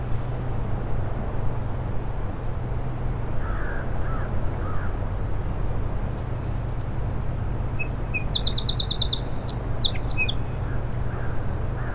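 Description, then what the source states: Song sparrow delivering a single song near the end: sharp notes leading into a fast slurred series and a short buzz, over a steady low background rumble. In a shrub on a causeway to Little Moose Island, morning 07:02, 21 June 2017, mostly sunny, 60 degrees, incoming tide; Fostex FR2 recorder with Sennheiser ME 64.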